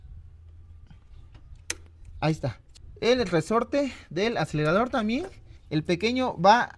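The accelerator cable end is pressed onto the throttle body lever of a Chevy Corsa MPFI, a fit that goes on by pressure only. A single sharp click at 1.7 s marks it seating in place. Someone then talks.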